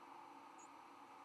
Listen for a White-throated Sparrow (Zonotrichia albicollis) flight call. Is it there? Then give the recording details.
no. Another species' flight call is heard. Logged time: 06:41 on 11 November 2014